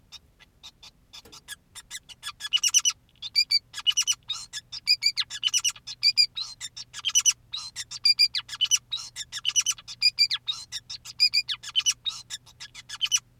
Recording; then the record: song of a male Bengalese finch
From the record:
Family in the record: son of father 2, and himself father 5